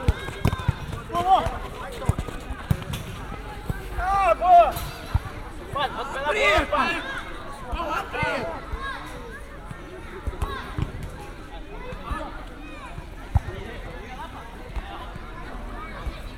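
Football in a town square: many voices chatter and call out over a steady outdoor murmur. Sharp thuds and brief shouts pop up irregularly throughout, with a louder burst of voices around four to seven seconds before settling back into busy babble.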